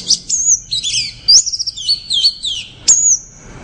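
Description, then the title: Orange-headed thrush giving a dense, high-pitched jumble of sweet whistles, sliding slurs and quick chirps, almost continuous through the short stretch. "Anis Merah"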